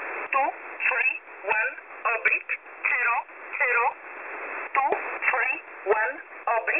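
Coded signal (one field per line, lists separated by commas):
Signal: numbers station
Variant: E11 Oblique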